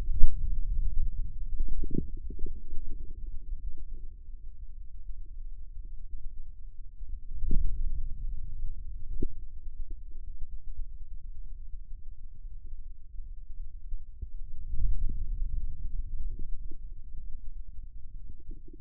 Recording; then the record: forearm muscle sounds (acoustic myography)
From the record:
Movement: radial deviation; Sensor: system 2, bracelet of six BSWA MPA416 microphones around the upper forearm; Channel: 3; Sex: male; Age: 22 years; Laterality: right